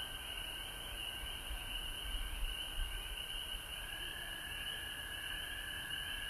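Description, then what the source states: Frogs calling en masse, continuous high trilling and a lower steady tone, with some low rumbling noise beneath. Frogs recorded at home in Georgia on March 19, 2020.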